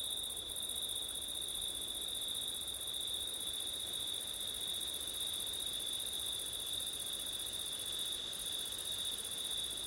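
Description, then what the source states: Cricket: steady shrill trilling of crickets, unbroken for the whole stretch, over continuous soft background noise. September night, with wind; ORTF stereo microphone setup.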